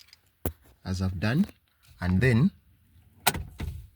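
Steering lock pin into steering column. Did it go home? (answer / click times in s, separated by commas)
yes / 3.3 s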